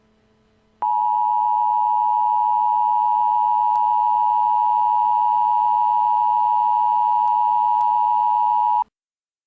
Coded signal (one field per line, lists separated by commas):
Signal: Emergency Alert System (SAME) tones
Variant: 853 and 960 Hz attention tone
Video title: Emergency Alert System: Invasion of the Mimes